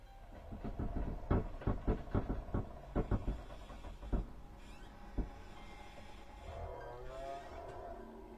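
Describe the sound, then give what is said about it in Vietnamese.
Workers pry open a wooden coffin lid with a crowbar: a rapid series of sharp cracking knocks, then a drawn-out, wavering groan of the creaking lid, moderately loud with no voices. “Âm thanh cứ cót ca cót két, nghe đến giận cả người.”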